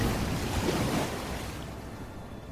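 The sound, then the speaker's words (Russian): Churning waves and splashing water make a dense, continuous rush as something colossal moves through the water, raising breakers and spray, strongest during the first second before easing off slightly. There are no voices. “Нечто колоссальное двигалось в воде, поднимая буруны и брызги.”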